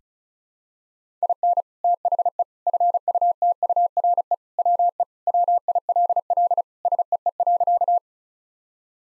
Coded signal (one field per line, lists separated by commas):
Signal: Morse code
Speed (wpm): 36 wpm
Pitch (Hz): 700 Hz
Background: none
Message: IN THE FUTURE WE WILL SEE.